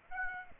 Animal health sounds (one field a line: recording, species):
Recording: mosquito wingbeat signal from an infrared sensor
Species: Aedes aegypti